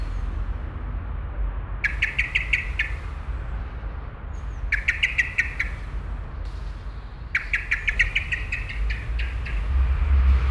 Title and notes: Südostviertel, Essen, Deutschland - essen, blackbird, traffic and bells. An der Auferstehungskirche. Eine Amsel kommt aus dem Gebüsch und schirpt. Verkehr passiert die Strasse. Die Stundenglocke der Kirche. At The Auferstehungs Church. A blackbirb coming out of a bush chirps constantly. Projekt - Stadtklang//: Hörorte